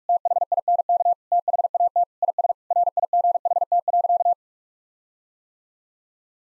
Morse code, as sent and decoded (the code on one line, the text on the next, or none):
- .... .. -. -.- / - .... .- - / .. ... / .-. .. --. .... - .-.-.-
THINK THAT IS RIGHT.